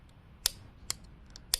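Plastic retaining clips on the ignition coil wiring connectors of a 2014 Volkswagen Polo 6R 1.0 MPI are pulled up until they snap open. Three sharp, bright snaps are heard at 0.5, 0.9 and 1.5 seconds, with a few faint ticks between them. Each clip is released.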